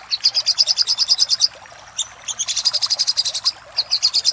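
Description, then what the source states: Little spiderhunter song: a fast, even string of sharp high notes, a brief pause, then more rapid repeated chips. Master recording used for training cage birds.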